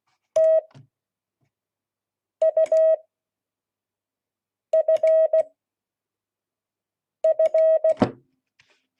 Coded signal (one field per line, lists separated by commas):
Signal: Morse code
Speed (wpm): 16 wpm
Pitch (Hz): 640 Hz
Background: none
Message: TUFF